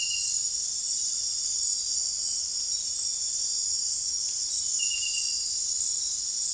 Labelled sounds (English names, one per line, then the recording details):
none
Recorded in dense forest near Puerto Asís, Putumayo, Colombia, on 9 March 2025 at 03:00
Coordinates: 0.503, -76.323
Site GP09